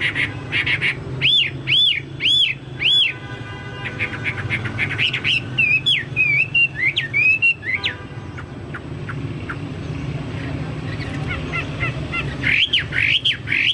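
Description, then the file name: Chinese hwamei song: a series of loud repeated arched whistles, then twisting warbled notes, a long quiet stretch, and renewed whistles at the end. "hwamei-2-omkicau"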